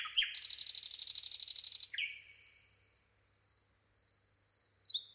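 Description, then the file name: Common nightingale with a long, loud grating rattle, a falling whistle, then a quiet gap with soft high notes before a new bright phrase begins. "Luscinia megarhynchos"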